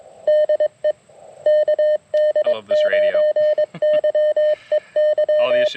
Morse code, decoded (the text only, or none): DE KD9YEY